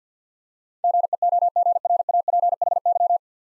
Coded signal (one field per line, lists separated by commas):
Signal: Morse code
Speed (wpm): 50 wpm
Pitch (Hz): 700 Hz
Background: none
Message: GEOGRAPHY